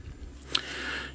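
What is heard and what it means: A small plastic Titan Master head figure is folded up and pushed into its socket on a Transformers Titan Return transforming robot toy. A single sharp hit at 0.6 s stands out over a low steady hum. The figure seats in its socket.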